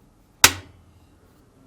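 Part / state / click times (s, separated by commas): agitator cap onto washing machine agitator / seated / 0.4 s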